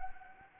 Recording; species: mosquito wingbeat signal from an infrared sensor; Anopheles arabiensis